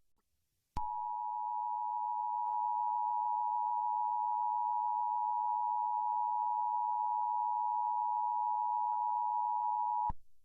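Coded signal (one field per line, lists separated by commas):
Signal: Emergency Alert System (SAME) tones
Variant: 853 and 960 Hz attention tone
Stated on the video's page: Fictional mock alert scenario for a nation-building game.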